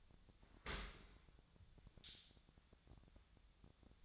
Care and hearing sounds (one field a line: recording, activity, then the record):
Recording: daily activity, microphone in the room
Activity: open dishwasher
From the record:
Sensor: 3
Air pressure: 1006.8 hPa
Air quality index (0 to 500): 207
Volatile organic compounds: 19 ppm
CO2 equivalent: 2648 ppm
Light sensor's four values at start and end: 11/25/10/10 and 11/26/11/10